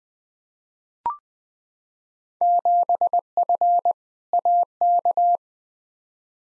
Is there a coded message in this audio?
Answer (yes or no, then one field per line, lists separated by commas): yes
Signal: Morse code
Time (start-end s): 2.4-5.4 s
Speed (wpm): 20 wpm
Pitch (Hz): 700 Hz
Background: none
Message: 7F AK